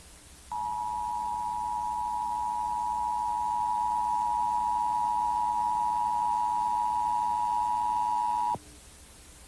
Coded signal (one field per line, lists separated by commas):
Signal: Emergency Alert System (SAME) tones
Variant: 853 and 960 Hz attention tone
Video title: EAS Scenario - Yellowstone Volcano Eruption